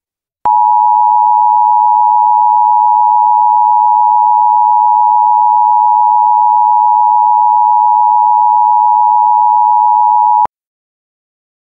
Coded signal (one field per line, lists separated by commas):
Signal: Emergency Alert System (SAME) tones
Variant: 853 and 960 Hz attention tone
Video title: EAS Scenario #3: Angry Munci